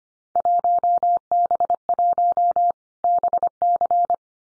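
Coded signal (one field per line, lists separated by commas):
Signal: Morse code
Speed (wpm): 25 wpm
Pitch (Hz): 700 Hz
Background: none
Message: 1B1 BC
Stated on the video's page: Morse drill of randomly selected Field Day contest exchanges at 25 wpm for head-copy practice, each sent twice.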